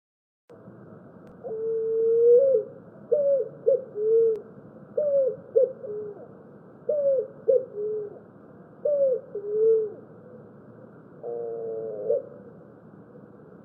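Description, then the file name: Picazuro pigeon singing deep, hooting coos: a long opening note, then phrases of three notes repeated about every two seconds, ending with a short buzzy, harmonic-rich note. "canto do pombao"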